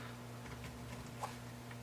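A rifle's barreled action sits loosely in its polymer stock and is rocked back and forth to show it is not seated, before it is to be squeezed down into place. Faint light taps and ticks sound over a steady low hum, with the clearest tap near 1.2 seconds. Nothing has seated or clicked yet.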